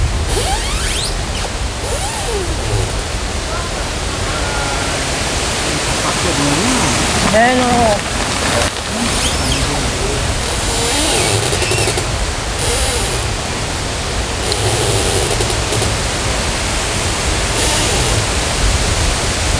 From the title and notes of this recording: Sounds along the river in Odense, Denmark. Tree branches are squeaking in the wind and recreational runners are passing.